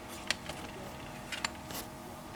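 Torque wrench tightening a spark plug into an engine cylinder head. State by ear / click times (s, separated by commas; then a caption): torque reached / 0.3 s. A torque wrench set to 23 Nm tightens a spark plug into an engine cylinder head and clicks at its setting at 0.3 s, a sharp, bright metallic snap. Softer ticks follow at about 0.5 s, 1.4 s and 1.7 s over a low, steady background hum, with no talk.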